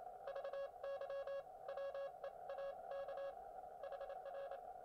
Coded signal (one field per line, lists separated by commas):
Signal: Morse code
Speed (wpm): 28 wpm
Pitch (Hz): 1100 Hz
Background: none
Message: VY WEAK HR